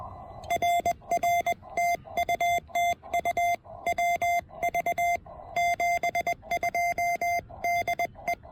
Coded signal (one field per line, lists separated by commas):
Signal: Morse code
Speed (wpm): 21 wpm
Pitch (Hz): 2100 Hz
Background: none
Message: RR TU TU WV 72 DE